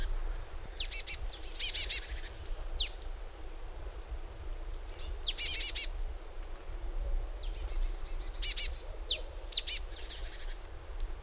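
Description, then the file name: Marsh tit calls: clusters of high, sharp downslurred notes and short buzzy bursts, coming in several bouts over steady low background hum. "Poecile palustris"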